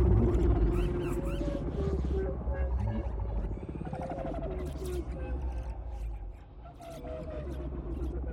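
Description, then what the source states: Whales singing together: short rising and falling whistled notes repeated over and over, crackling clicks and pulsed bursts, all above a steady deep rumble. A chorus of whales.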